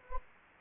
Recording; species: mosquito wingbeat signal from an infrared sensor; Anopheles gambiae